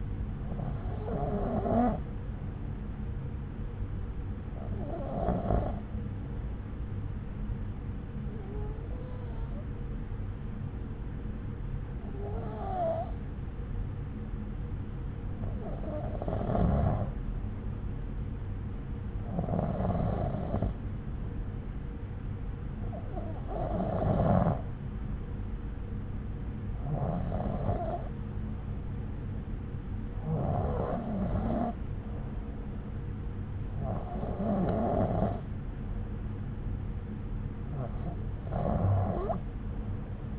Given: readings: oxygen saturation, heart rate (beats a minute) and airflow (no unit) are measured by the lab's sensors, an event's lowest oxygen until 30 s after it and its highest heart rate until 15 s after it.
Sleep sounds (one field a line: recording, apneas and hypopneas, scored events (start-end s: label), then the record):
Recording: breathing in sleep by a smartphone at the bedside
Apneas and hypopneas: none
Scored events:
none scored
From the record:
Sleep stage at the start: N1 (lightest sleep)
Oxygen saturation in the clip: 93 to 95%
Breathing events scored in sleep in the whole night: 303 in 8.1 hours asleep